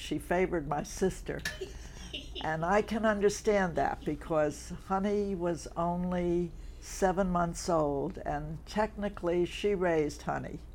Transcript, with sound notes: She favored my sister. [laughs] And I can understand that because Honey was only seven months old and, technically, she raised Honey.